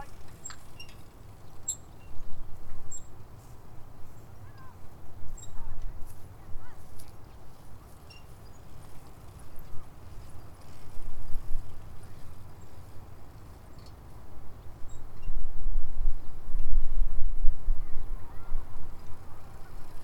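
Standing on a riverbank, a steady low rumble fills the scene, swelling several times and growing heaviest from about fifteen to eighteen seconds, like a passing train. Faint short chirps and scattered clicks sit above it, with soft murmurs of voices now and then.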